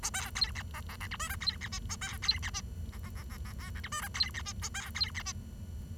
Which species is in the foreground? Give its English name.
Bengalese Finch